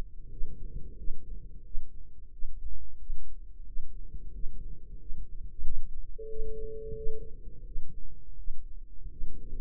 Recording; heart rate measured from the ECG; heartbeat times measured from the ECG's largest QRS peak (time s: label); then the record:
heart sounds by microphone in the right ear; 89 bpm
0.29 s: heartbeat
0.95 s: heartbeat
1.62 s: heartbeat
2.30 s: heartbeat
2.97 s: heartbeat
3.64 s: heartbeat
4.31 s: heartbeat
4.97 s: heartbeat
5.62 s: heartbeat
6.27 s: heartbeat
6.94 s: heartbeat
7.63 s: heartbeat
8.35 s: heartbeat
9.08 s: heartbeat
From the record:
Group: healthy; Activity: rest 0-6 s, Valsalva maneuver 6-10 s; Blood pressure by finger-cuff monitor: 121/80 mmHg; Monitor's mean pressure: 92 mmHg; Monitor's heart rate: 89 bpm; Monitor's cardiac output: 7.4 L/min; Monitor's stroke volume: 82 mL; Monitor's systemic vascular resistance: 900 dyn s/cm5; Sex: male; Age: 33 years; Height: 179 cm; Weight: 80.4 kg